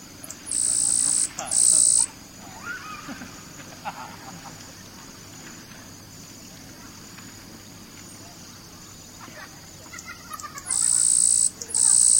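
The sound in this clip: Yellow-browed sparrow giving paired high, hissing buzzes at the start and again near the end, with faint softer notes in between.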